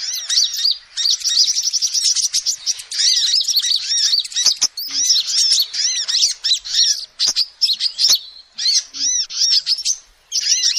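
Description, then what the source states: Lovebird chatter, shrill and busy, dense rapid notes early, then choppier bursts with short silences toward the end; occasional sharp ticks. Lovebird call used as a lure to trap birds.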